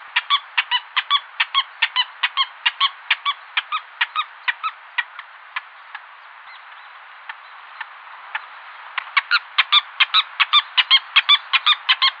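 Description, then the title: Wattled jacana giving rapid series of scratchy, squeaky chattering notes, slowing to sparse single notes in the middle before a fast burst returns. "LuckyPassaro Completos2Sama. Wattled Jacana"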